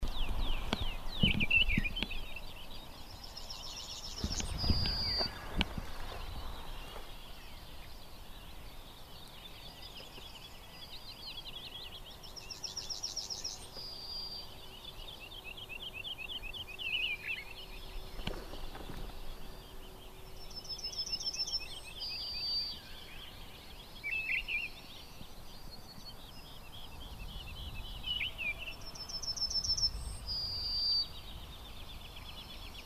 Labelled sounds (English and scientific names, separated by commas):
Mistle Thrush (Turdus viscivorus) song